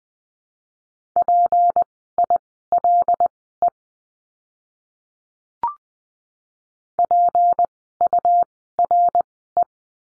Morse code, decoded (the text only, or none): PILE PURE